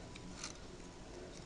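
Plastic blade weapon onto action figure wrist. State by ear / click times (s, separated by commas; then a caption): not seated / none. A plastic blade weapon with a notch is handled and pushed toward the left wrist of a Transformers Prime R.I.D. Deluxe Ratchet action figure, with two faint light plastic ticks at about 0.2 and 0.4 seconds over a steady low background hiss. Nothing has seated or clicked yet; the weapon is not yet locked into place.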